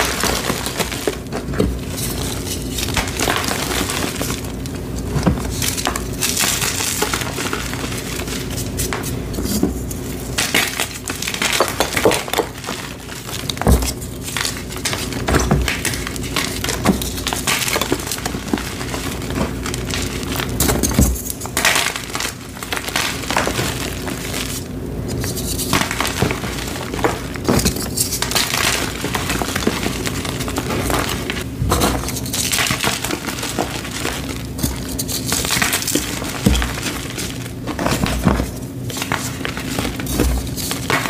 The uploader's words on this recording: Fresh & Dyed Blocks Random Gym Chalk Crushing Compilation. Nonstop asmr crushing sounds.